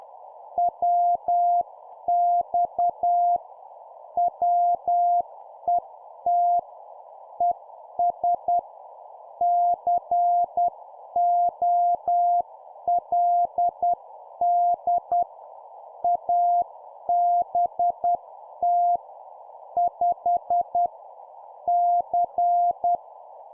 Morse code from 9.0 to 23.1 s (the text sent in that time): COLD ABT 5 C